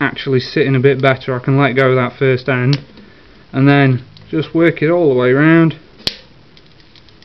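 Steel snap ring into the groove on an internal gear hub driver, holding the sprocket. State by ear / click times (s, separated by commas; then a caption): seated / 6.1 s. A steel snap ring is prised over the top of a Shimano Alfine 8-speed internal gear hub driver and worked around by hand while someone talks. A sharp metallic snap at 6.1 s marks the ring seating fully into its groove to hold the sprocket, followed by a few faint small clicks.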